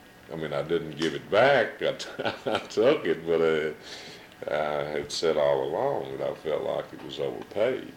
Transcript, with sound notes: I mean, I didn't give it back, [chuckles] I took it, but--I had said all along that I felt like it was overpaid.